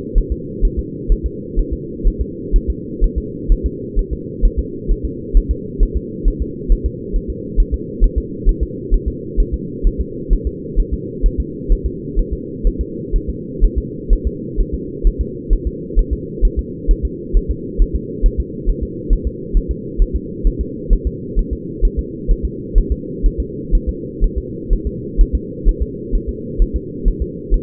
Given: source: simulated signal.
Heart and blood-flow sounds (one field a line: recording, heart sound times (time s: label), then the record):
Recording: fetal heart sounds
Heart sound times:
0.18 s: S1
0.32 s: S2
0.65 s: S1
0.79 s: S2
1.12 s: S1
1.26 s: S2
1.59 s: S1
1.73 s: S2
2.07 s: S1
2.21 s: S2
2.56 s: S1
2.70 s: S2
3.04 s: S1
3.18 s: S2
3.52 s: S1
3.66 s: S2
3.99 s: S1
4.13 s: S2
4.45 s: S1
4.59 s: S2
4.91 s: S1
5.05 s: S2
5.37 s: S1
5.51 s: S2
5.83 s: S1
5.97 s: S2
6.28 s: S1
6.42 s: S2
6.72 s: S1
6.86 s: S2
7.16 s: S1
7.30 s: S2
7.60 s: S1
7.74 s: S2
8.04 s: S1
8.18 s: S2
8.49 s: S1
8.63 s: S2
8.94 s: S1
9.08 s: S2
9.40 s: S1
9.54 s: S2
9.87 s: S1
10.01 s: S2
10.33 s: S1
10.47 s: S2
10.80 s: S1
10.94 s: S2
11.26 s: S1
11.40 s: S2
11.72 s: S1
11.86 s: S2
12.19 s: S1
12.33 s: S2
12.67 s: S1
12.81 s: S2
13.16 s: S1
13.30 s: S2
13.64 s: S1
13.78 s: S2
14.13 s: S1
14.27 s: S2
14.60 s: S1
14.74 s: S2
15.07 s: S1
15.21 s: S2
15.53 s: S1
15.67 s: S2
15.99 s: S1
16.13 s: S2
16.45 s: S1
16.59 s: S2
16.91 s: S1
17.05 s: S2
17.37 s: S1
17.51 s: S2
17.82 s: S1
17.96 s: S2
18.26 s: S1
18.40 s: S2
18.69 s: S1
18.83 s: S2
19.13 s: S1
19.27 s: S2
19.57 s: S1
19.71 s: S2
20.02 s: S1
20.16 s: S2
20.47 s: S1
20.61 s: S2
20.93 s: S1
21.07 s: S2
21.39 s: S1
21.53 s: S2
21.85 s: S1
21.99 s: S2
22.31 s: S1
22.45 s: S2
22.78 s: S1
22.92 s: S2
23.26 s: S1
23.40 s: S2
23.75 s: S1
23.89 s: S2
24.24 s: S1
24.38 s: S2
24.73 s: S1
24.87 s: S2
25.21 s: S1
25.35 s: S2
25.69 s: S1
25.82 s: S2
26.15 s: S1
26.29 s: S2
26.62 s: S1
26.76 s: S2
27.08 s: S1
27.22 s: S2
27.54 s: S1
From the record:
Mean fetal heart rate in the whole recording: 130 bpm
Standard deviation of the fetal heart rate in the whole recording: 4 bpm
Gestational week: 38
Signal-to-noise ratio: -4.1 dB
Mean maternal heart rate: no maternal heart sound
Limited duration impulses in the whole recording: absent